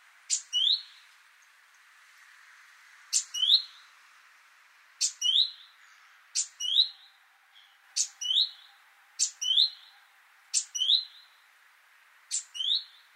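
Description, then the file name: Great tit calling with paired notes, a sharp tick then a rising whistled sweep, repeated eight times at fairly regular intervals over soft background hiss. "Parus major"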